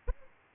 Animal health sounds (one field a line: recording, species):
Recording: mosquito wingbeat signal from an infrared sensor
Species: Aedes aegypti